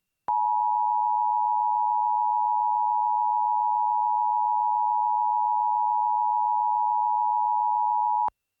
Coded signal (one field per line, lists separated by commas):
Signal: Emergency Alert System (SAME) tones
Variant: 853 and 960 Hz attention tone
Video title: EAS Mock #4: Double Trouble